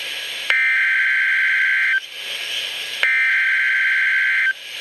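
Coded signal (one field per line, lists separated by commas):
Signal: Emergency Alert System (SAME) tones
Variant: header bursts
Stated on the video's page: Severe thunderstorm watch on a NOAA Weather Radio transmitter.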